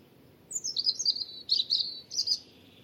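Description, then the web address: European robin song, a high descending warbled phrase broken into quick twittering bursts, lasting about two seconds, with a faint low rumble beneath. "Deverinetal 2025 File origin Bird Only Er Ru"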